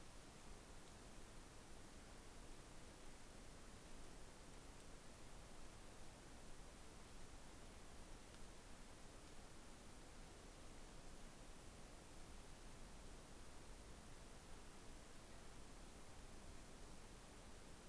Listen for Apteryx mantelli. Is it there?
no